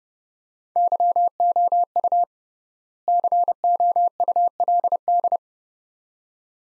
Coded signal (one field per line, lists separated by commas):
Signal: Morse code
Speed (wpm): 29 wpm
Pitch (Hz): 700 Hz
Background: none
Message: YOU COULD